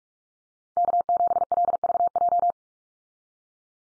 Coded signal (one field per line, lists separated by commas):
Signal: Morse code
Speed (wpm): 44 wpm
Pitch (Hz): 700 Hz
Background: none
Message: K7LVJ